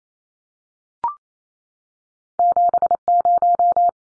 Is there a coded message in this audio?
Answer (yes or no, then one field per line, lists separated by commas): yes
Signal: Morse code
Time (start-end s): 2.4-3.9 s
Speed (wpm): 28 wpm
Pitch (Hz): 700 Hz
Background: none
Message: 70